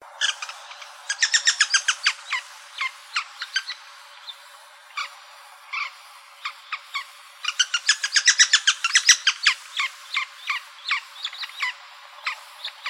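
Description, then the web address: Red-naped sapsucker uttering rapid chattering series of sharp nasal notes, two dense bursts separated by scattered single squeals. "Woodpeckers RNSA"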